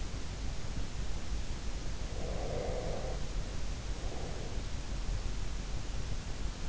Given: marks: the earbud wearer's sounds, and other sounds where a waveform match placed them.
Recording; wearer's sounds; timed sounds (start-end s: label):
sounds in sleep by an in-ear microphone; breath
2.11-4.78 s: breath